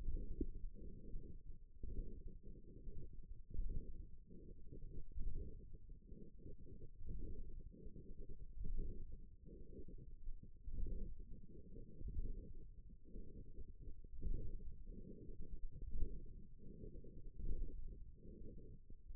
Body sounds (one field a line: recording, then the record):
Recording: forearm muscle sounds (acoustic myography)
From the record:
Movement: ulnar deviation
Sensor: system 1, eight BSWA MPA416 microphones around the upper forearm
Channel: 7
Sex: female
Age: 21 years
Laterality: right